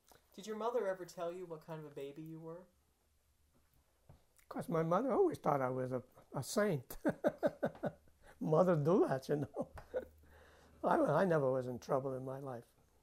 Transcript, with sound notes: Did your mother ever tell you what kind of a baby you were?
Of course, my mother always thought I was a saint. ( he laughs ) Mothers do that, you know? I never was in trouble in my life.